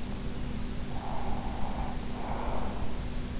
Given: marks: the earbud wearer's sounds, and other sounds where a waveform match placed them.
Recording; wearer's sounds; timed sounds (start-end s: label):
sounds in sleep by an in-ear microphone; breath
0.73-3.06 s: breath